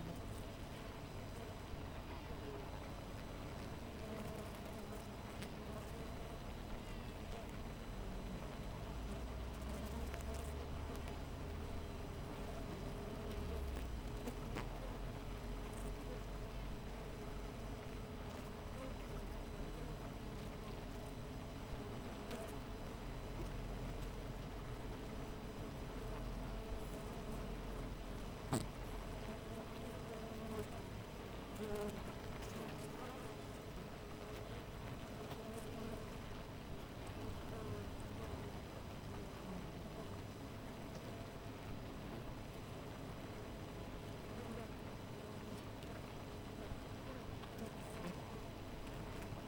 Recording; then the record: honeybee colony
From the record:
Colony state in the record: missing queen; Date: 14 July 2017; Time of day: 5:35